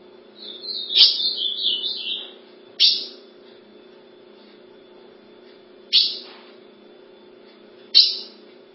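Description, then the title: Ultramarine grosbeak giving one rich warbled phrase of whistled notes, then three sharp clicks at irregular intervals, with a constant low hum behind. "Azulao"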